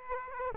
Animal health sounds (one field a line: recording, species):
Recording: mosquito wingbeat signal from an infrared sensor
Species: Aedes aegypti